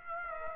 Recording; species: mosquito wingbeat signal from an infrared sensor; Aedes aegypti